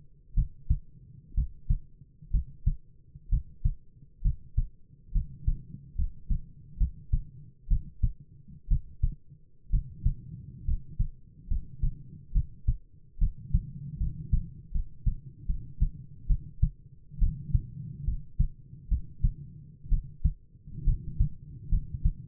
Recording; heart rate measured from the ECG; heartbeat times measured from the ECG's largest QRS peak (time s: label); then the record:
heart sounds by stethoscope; 67 bpm
0.34 s: heartbeat
1.34 s: heartbeat
2.31 s: heartbeat
3.29 s: heartbeat
4.22 s: heartbeat
5.12 s: heartbeat
5.95 s: heartbeat
6.77 s: heartbeat
7.67 s: heartbeat
8.68 s: heartbeat
9.70 s: heartbeat
10.64 s: heartbeat
11.47 s: heartbeat
12.32 s: heartbeat
13.18 s: heartbeat
13.97 s: heartbeat
14.71 s: heartbeat
15.46 s: heartbeat
16.27 s: heartbeat
17.18 s: heartbeat
18.04 s: heartbeat
18.88 s: heartbeat
19.89 s: heartbeat
20.84 s: heartbeat
21.69 s: heartbeat
From the record:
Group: healthy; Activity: rest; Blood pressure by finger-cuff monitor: 106/57 mmHg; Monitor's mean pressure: 69 mmHg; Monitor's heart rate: 67 bpm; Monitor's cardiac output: 7.5 L/min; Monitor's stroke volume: 113 mL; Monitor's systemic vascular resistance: 650 dyn s/cm5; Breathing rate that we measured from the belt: 15 breaths a minute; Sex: male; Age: 22 years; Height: 185 cm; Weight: 112.4 kg